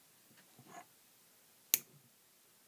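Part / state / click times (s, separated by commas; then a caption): plastic snap-on part onto its mating part on an RC truck / seated / 1.7 s. A plastic snap-on part is pushed onto its mating part on an RC truck. After some faint handling sounds, one sharp, loud snap rings out at 1.7 s. The part is seated.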